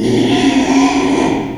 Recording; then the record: squeal of a Yucatan mini pig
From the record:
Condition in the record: after surgery on the right vocal fold (resection and tissue-engineered implant); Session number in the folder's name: 2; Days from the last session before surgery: 13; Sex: male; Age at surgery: 12 weeks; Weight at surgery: 13 kg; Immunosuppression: cyclosporine, prednisolone